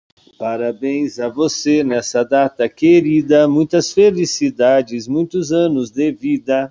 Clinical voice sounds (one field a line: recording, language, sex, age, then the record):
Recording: short text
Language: Brazilian Portuguese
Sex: male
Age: 40 to 49 years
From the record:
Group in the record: control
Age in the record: 49 years